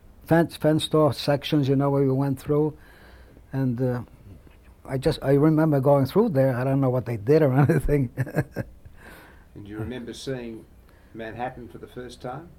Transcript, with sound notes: fence, fenced off sections, you know, where you went through. And, uh, I just, I remember going through there. I don't know what they did or anything. (He laughs.)
Do you remember seeing Manhattan for the first time?